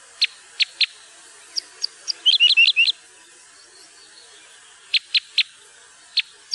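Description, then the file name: Parrot crossbill calls: single sharp high chips spaced out, broken by a short fast twittering burst, then more separate clipped notes. "furukorsnebb"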